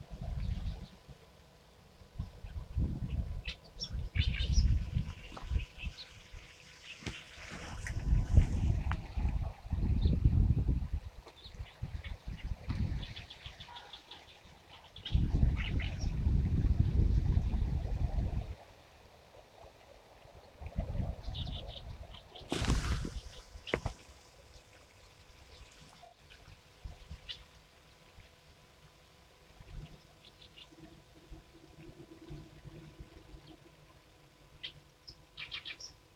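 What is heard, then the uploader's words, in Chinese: Bird calls recorded along a riverbank, short chirps scattered through the clip, mixed with natural outdoor sounds. Heavy low rumbling bursts, like wind gusts, dominate the first eighteen seconds, then quiet down. A sharp bright burst comes near twenty-two seconds. 沙河北岸鸟鸣记录。多种鸟类的叫声和自然的声音。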